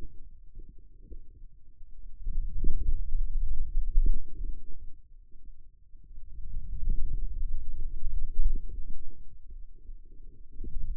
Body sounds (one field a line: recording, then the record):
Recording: forearm muscle sounds (acoustic myography)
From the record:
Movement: hand closing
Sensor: system 2, bracelet of six BSWA MPA416 microphones around the upper forearm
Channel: 5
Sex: male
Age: 22 years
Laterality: right